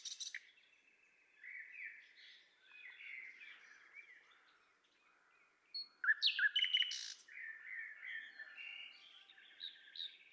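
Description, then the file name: Common nightingale song, varied warbled phrases with buzzy notes, then a louder burst of rattling trills past the middle. "Luscinia megarhynchos"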